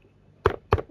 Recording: background sound without coughing